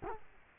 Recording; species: mosquito wingbeat signal from an infrared sensor; Culex quinquefasciatus